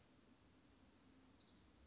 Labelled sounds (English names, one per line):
Orange-crowned Warbler